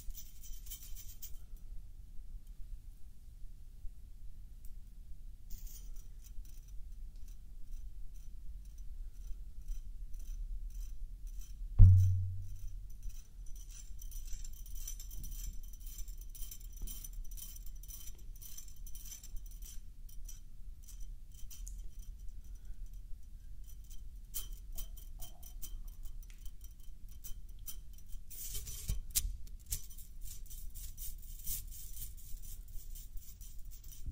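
Someone handles a small metal toy, with faint clicks and light metallic scrapes against a steady low rumble. A single sharp knock lands at about twelve seconds with a short ring, and a brief burst of bright scraping comes near twenty-nine seconds.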